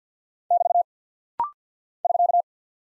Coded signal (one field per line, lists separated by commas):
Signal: Morse code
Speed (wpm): 48 wpm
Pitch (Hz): 700 Hz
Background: none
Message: <BT> <SK>